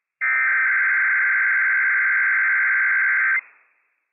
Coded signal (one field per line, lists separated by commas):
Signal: Emergency Alert System (SAME) tones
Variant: header bursts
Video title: Inland Northwest Required Weekly Test - WWF56 - EAS #254 - 10:07 AM PDT 8/17/22